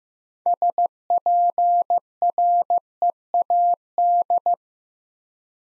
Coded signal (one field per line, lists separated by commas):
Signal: Morse code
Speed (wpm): 15 wpm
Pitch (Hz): 700 Hz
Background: none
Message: SPREAD